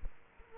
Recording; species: mosquito wingbeat signal from an infrared sensor; Culex quinquefasciatus